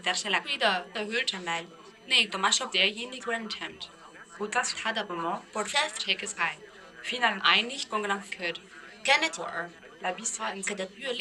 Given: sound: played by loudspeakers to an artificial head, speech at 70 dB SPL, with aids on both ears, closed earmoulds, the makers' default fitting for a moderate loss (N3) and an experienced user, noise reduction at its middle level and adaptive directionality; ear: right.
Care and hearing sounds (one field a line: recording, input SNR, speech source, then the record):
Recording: speech test signal (ISTS) in cocktail-party noise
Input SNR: +9 dB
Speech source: in front (0 degrees)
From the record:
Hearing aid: class 2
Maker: E